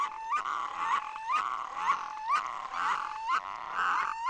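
Red-throated loon calls: a rhythmic series of nasal, rising cackles, continuing throughout.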